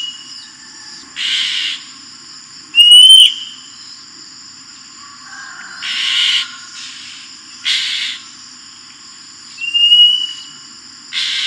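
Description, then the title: Oriental magpie-robin alternating scratchy buzzing bursts with bright slurred whistles at irregular intervals, a faint steady high tone throughout. Described as gacor, singing vigorously. "Kacer Gacor"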